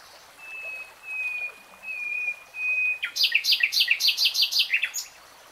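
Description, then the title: Nightingale song: several long, even whistled notes, then a rapid string of loud, repeated chirping notes. Nightingale singing, recorded in real time. "[Tiếng chim hót] 3 Hours REALTIME Nightingale Singing"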